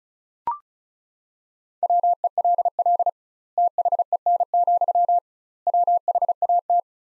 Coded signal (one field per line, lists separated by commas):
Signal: Morse code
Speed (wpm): 36 wpm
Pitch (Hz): 700 Hz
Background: none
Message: WELL THEN, WHAT